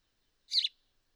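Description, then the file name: House sparrow giving a single short, bright chirp set against silence. "Passer domesticus"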